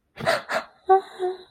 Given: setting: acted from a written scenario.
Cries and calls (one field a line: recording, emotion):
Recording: vocal sound without words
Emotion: distress